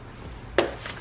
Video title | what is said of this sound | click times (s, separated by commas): Unboxing And Assembling MP Concepts GT350 Bumper For 2015-17 Mustang! | oh my God unclicked | 0.6 s